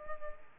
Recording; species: mosquito wingbeat signal from an infrared sensor; Culex quinquefasciatus